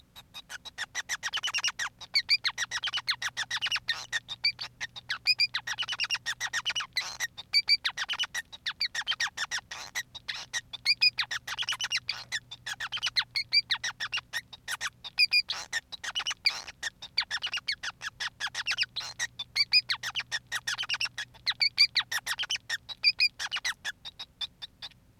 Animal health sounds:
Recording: song of a male Bengalese finch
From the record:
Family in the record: son of father 5

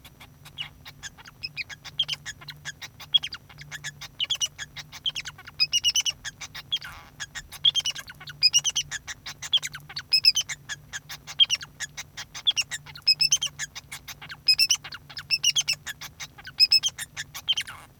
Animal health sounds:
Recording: song of a male Bengalese finch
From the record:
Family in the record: son of father 2

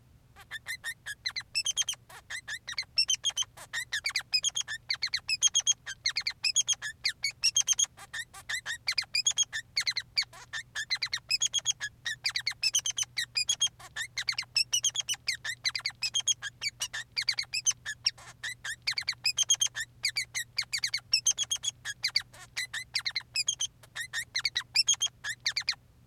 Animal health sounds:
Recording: song of a male Bengalese finch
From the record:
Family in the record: son of father 3

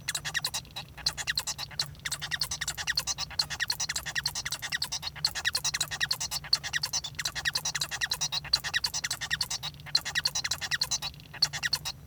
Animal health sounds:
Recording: song of a male Bengalese finch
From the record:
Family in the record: son of father 1

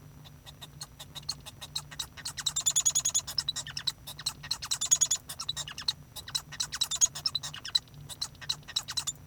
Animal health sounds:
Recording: song of a male Bengalese finch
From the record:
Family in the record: son of father 1

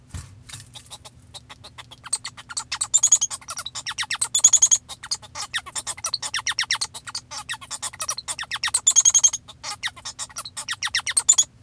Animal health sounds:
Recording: song of a male Bengalese finch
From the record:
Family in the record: father 1

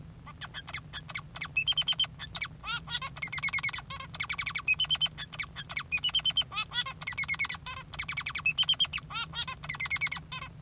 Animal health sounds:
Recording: song of a male Bengalese finch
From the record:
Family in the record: father 3

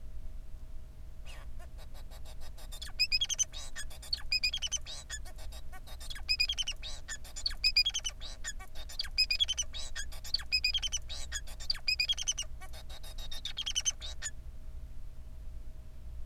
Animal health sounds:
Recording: song of a male Bengalese finch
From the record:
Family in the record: son of father 4

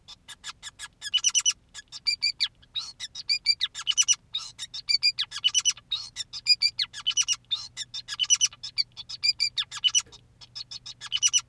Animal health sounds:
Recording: song of a male Bengalese finch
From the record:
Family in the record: son of father 2, and himself father 5

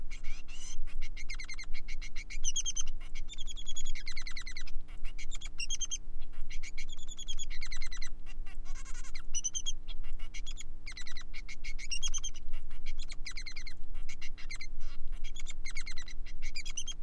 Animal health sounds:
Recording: song of a male Bengalese finch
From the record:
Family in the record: son of father 3

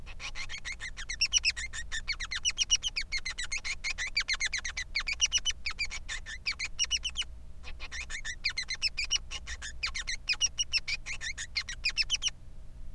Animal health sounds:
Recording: song of a male Bengalese finch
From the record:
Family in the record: son of father 3

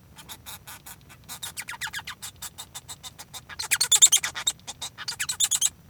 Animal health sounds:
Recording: song of a male Bengalese finch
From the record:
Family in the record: son of father 1

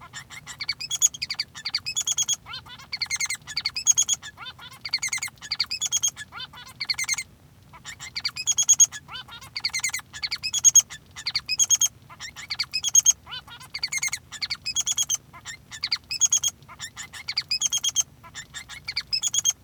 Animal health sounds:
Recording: song of a male Bengalese finch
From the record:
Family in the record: son of father 3

